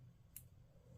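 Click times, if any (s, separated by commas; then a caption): 0.4 s. A watch strap is slid into the slot on a Google Pixel Watch smartwatch case after the release button is pressed. A single short, sharp click sounds at 0.4 s over a low steady hum. The strap locks on and is seated in the case.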